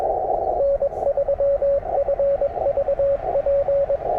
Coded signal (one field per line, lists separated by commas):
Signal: Morse code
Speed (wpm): 20 wpm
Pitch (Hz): 550 Hz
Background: radio noise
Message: N3FVP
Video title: CW POTA with my new N0SA M7! | #cw #morsecode #parksontheair